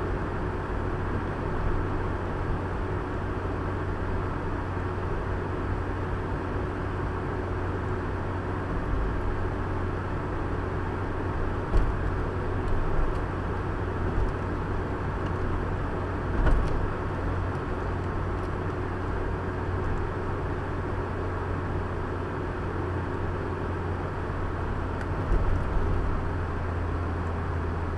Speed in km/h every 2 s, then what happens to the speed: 87, 87, 87, 86, 87, 88, 87, 86, 86, 87, 86, 86, 85, 83.
0-24 steady at about 87.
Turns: none.